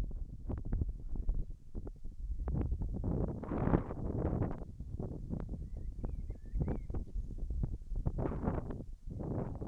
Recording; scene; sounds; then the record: everyday scene through a hearing-aid microphone; wind on the microphone; wind, whistling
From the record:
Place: in front of a rural house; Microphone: behind the ear, left, front